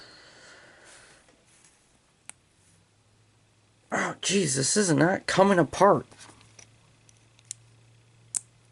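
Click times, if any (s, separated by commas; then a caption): 8.4 s. A painted plastic panel stuck to the body of a transforming robot toy figure, possibly painted while still screwed together, is forced apart by hand. Someone talks between about 4.0 and 6.0 s, and faint handling clicks are heard around it. The panel finally separates with a small, sharp snap at 8.4 s.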